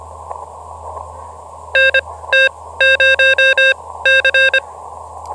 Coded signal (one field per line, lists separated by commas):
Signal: Morse code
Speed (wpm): 25 wpm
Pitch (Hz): 1600 Hz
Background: none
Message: NT0C